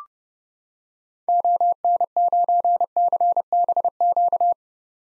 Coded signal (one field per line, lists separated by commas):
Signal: Morse code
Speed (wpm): 29 wpm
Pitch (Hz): 700 Hz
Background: none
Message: ON9CBQ